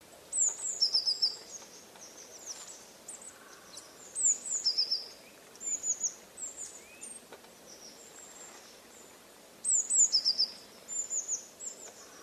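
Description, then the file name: Eurasian blue tit giving brief high, thin notes with short trilled endings, repeated several times. "Cyanistes caeruleus"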